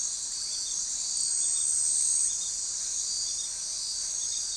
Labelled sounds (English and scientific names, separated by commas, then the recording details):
none
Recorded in forest near Pivijay, Magdalena, Colombia, on 5 June 2023 at 19:30
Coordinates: 10.467, -74.380
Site Z5-G034